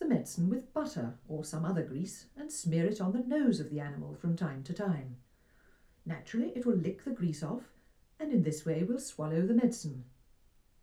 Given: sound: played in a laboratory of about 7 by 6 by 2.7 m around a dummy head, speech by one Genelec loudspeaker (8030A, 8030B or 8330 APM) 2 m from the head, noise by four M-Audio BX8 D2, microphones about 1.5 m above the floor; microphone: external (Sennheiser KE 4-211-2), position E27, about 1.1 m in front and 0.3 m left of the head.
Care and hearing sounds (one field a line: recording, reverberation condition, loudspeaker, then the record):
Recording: female speech in English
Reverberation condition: low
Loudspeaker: 60 degrees to the right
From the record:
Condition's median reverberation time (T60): about 310 ms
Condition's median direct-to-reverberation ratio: about 3.5 dB